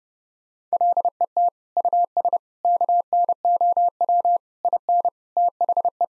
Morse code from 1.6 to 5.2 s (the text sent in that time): US KNOW IN